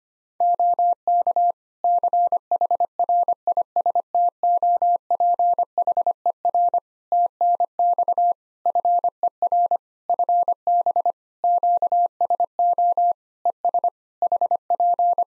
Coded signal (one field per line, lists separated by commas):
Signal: Morse code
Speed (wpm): 25 wpm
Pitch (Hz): 700 Hz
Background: none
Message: OK CHRISTOPHER TNX FER FB QSO ES HP